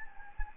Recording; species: mosquito wingbeat signal from an infrared sensor; Anopheles gambiae